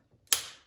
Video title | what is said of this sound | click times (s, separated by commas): Tablesaw dovetails part II | dude snaps on there now i can control the depth of cut | 0.3 s